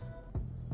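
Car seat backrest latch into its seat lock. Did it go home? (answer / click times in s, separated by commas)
no / none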